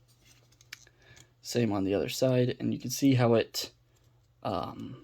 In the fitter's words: flip out the fist and pull the arm until it snaps into place